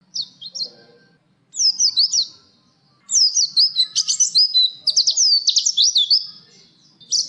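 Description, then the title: Nightingale song in three bursts of high, rapid warbled phrases with slurred whistles and chirps, separated by short pauses, with a fourth just starting at the end. "nightingale masteran"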